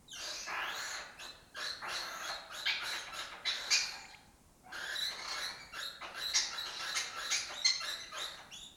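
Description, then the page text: Lesser kestrel chattering with dense, rasping, scratchy notes in two long runs, broken by a short pause near the middle. Colony breeding in an abandoned building complex in Doñana, southern Europe breeding area; migratory species that forages in West Africa. "Lesser Kestrels Took Over an Abandoned Building. A migratory raptor wich spends its foraging time in West Africa and breeds in southern Europe. Here in Doñana"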